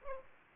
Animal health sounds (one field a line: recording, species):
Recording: mosquito wingbeat signal from an infrared sensor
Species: Aedes aegypti